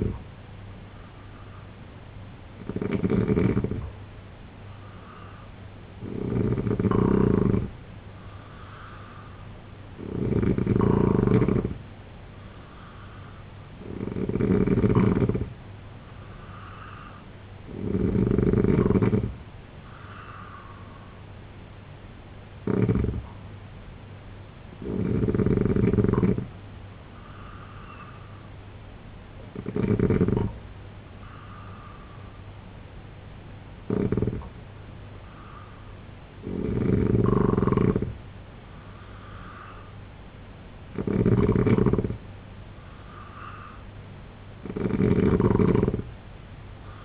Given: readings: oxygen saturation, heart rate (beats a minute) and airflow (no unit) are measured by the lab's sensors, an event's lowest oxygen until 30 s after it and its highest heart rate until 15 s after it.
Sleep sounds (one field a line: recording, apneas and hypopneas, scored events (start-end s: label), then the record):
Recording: breathing in sleep by a voice recorder at the bedside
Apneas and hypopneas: none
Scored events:
none scored
From the record:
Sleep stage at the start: N2 (light sleep)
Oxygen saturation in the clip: 87 to 91%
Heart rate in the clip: 67 to 77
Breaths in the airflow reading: 13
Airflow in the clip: -3.6 to 5.0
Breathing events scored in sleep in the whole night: 258 in 7.4 hours asleep